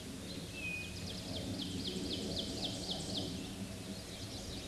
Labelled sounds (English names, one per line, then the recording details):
Ovenbird song
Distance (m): 55 m
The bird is about 10 m above the microphone
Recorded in a Pennsylvania forest on 16 May 2024 at 09:47
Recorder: AudioMoth, point MSD-1307
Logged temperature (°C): 16.6 °C
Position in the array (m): 264 m, 154 m